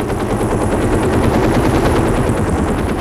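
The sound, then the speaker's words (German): An automatically controlled helicopter whose controls have failed roars loudly and steadily, its rotor blades beating in a rapid, continuous chop over a dense, rumbling engine noise, with no voices. “Es war ein automatisch gesteuerter Hubschrauber, dessen Steuerung ausgefallen sein musste.”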